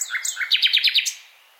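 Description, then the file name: Common nightingale singing: two quick high whistles sliding down, then a fast run of about six sharp, evenly spaced notes. "Luscinia megarhynchos"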